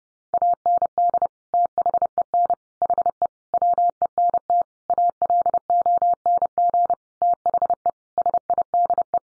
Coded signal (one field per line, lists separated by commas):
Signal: Morse code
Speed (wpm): 28 wpm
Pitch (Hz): 700 Hz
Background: none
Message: AND THEN HE WENT ALONG THE SIDE